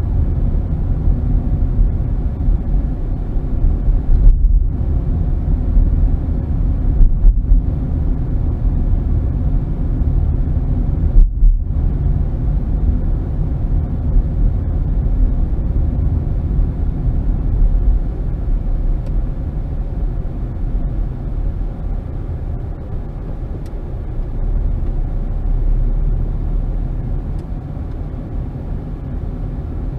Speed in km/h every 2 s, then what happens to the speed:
35, 35, 37, 35, 35, 34, 35, 34, 32, 29, 23, 16, 21, 24, 26.
0-15 steady at about 35. 15-22 slows to 16. 22-27 speeds up to 26.